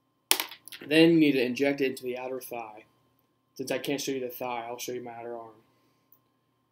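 The blue plastic safety cap is pulled off an EpiPen epinephrine auto-injector held with its orange tip facing down, giving a sharp, loud snap at 0.3 s as the cap pops free. Someone then talks.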